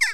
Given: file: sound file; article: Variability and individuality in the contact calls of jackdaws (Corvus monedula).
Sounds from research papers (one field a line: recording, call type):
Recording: jackdaw call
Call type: harmonic